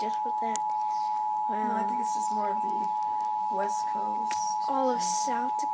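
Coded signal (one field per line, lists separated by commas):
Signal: Emergency Alert System (SAME) tones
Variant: 853 and 960 Hz attention tone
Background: speech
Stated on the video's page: National Periodic Test, not the nationwide test.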